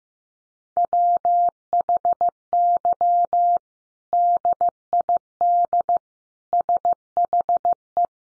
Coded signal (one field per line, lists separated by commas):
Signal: Morse code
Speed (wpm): 15 wpm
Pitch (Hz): 700 Hz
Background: none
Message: WHY DID SHE